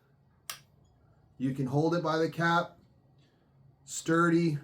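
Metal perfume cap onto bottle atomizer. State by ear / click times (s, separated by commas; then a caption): seated / 0.5 s. A heavy metal cap with a little plastic filler inside is pressed back over the atomizer of a 50 ml Swiss Arabian Tobacco 01 perfume bottle. A single sharp snap is heard at 0.5 s as the cap seats in place, and then someone talks.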